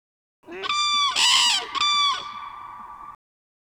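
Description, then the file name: Common crane trumpeting in a single rolling phrase of loud, ringing, slightly rasping notes lasting about three seconds. Played back. "Trane"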